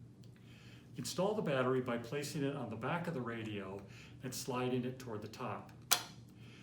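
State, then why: Seated. Someone talks as a BPPA3VLIXT Li-ion replacement battery pack, thinner than the OEM high-capacity battery but with comparable runtime, is placed on the back of an L3Harris XL-200P two-way radio and slid toward the top. A single sharp click is heard at 5.9 s as the side latches engage and the battery seats in the radio body.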